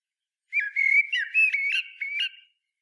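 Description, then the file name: Common blackbird song phrase: a clear, fluting whistled warble about two seconds long, sliding between notes, on a silent background. "Turdus merula"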